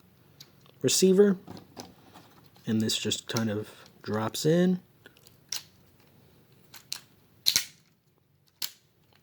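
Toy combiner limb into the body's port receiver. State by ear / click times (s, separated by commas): seated / 7.5 s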